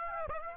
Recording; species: mosquito wingbeat signal from an infrared sensor; Aedes aegypti